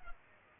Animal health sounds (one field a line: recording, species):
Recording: mosquito wingbeat signal from an infrared sensor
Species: Culex pipiens